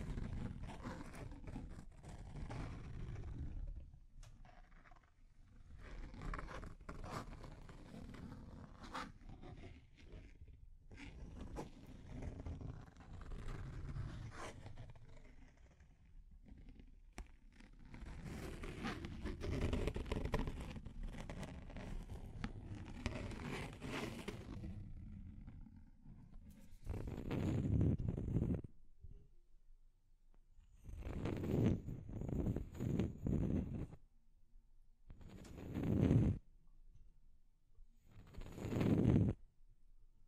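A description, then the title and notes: Deep scratching, a low, rough, grinding noise that runs almost continuously for the first twenty-five seconds, rising and falling in strength. After that it breaks into separate heavy scrapes at a few-second intervals, with short silences between them. The strokes have a growling, roar-like texture. Deep Scratching. (No Talking).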